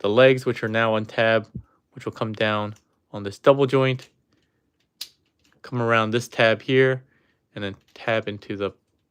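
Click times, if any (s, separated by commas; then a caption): none. Someone talks while handling the plastic leg of a Studio Series 102 Optimus Prime transforming action figure, bringing the leg down on its double joint and around a tab before tabbing it into the calf. Between speech, faint handling ticks are heard from about 4.3 to 5.5 s, with one sharper tick at 5.0 s. The clip ends before the leg tab goes home in the calf, so nothing has seated or clicked yet.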